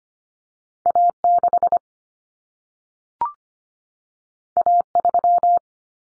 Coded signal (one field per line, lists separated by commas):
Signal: Morse code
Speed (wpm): 25 wpm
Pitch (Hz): 700 Hz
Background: none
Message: A6 A3